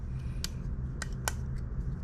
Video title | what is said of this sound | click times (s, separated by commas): PS3 FAT CECHH01 Thermal Paste Replacement and General Repair Guide (Disc Drive, Fan, No WIFI) | you can hear it click and now it's in place and make sure that | 0.4 s, 1.0 s, 1.3 s